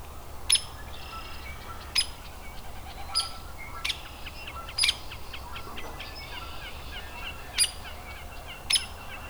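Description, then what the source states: Hairy woodpecker giving sharp, clipped peek calls, about seven spaced irregularly over nine seconds, with faint twittering from other small birds and a low steady hum behind. Adult bird.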